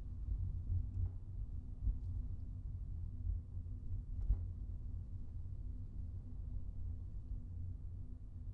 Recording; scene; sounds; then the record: everyday scene through a hearing-aid microphone; in a vehicle; engine, highway traffic jam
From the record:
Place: Skoda Fabia, gasoline engine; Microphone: in the ear canal, right